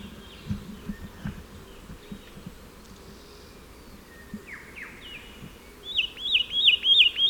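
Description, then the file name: Satin flycatcher call at the end: a fast run of high, looped whistled notes after a few scattered softer chirps and rising whistles earlier. "Myiagra Cyanoleuca"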